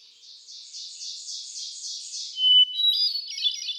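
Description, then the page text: Hermit thrush song: one clear, steady whistled note, then a quick flutey cascade of higher, wavering notes. Before it, another bird gives a rapid series of repeated buzzy slurs. Male singer cycling through his repertoire of about ten different songs; recorded 13 June 2006 at Quabbin Park, Ware, Massachusetts. "Birdsong for the Curious Naturalist. Hermit thrush. A truly gifted and inspiring songster. Can you hear how he cycles through his repertoire of about ten different songs? June 13, 2006. Quabbin Park, Ware, Massachusetts"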